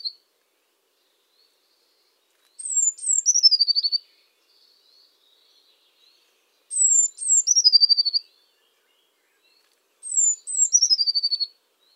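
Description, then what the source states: Eurasian blue tit song repeated three times: high piercing see-see notes leading into a quick buzzy trill, spaced roughly every three to four seconds. Recorded by the Elbe.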